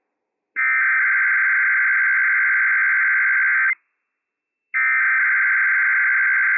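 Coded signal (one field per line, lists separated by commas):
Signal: Emergency Alert System (SAME) tones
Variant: header bursts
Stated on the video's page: Operational EAS tones of a Required Weekly Test issued by civil authorities for the Inland Northwest, NOAA Weather Radio station WWF56.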